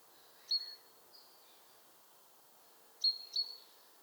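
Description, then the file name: European robin giving thin, high, drawn-out notes in two short bursts, a single note followed about two and a half seconds later by a quick double, over faint background hiss. "Erithacus rubecula"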